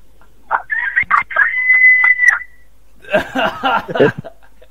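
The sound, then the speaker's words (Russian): Heard over a phone call from a chicken coop, a rooster gives a drawn-out, high crowing call, followed by a quick burst of choppy clucking from chickens. The sounds are fairly loud, with short gaps between calls. “Ну ты в петушарне, блядь, с петухами где-то там находишься, блядь.”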